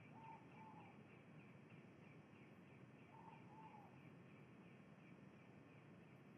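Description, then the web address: Ivory-breasted pitta giving two paired whistled calls about three seconds apart, while another bird repeats soft high notes behind a low background hum. Recorded in Indonesia. "ULM-DS-Lab indonesian-bird-sounds. Pitta maxima"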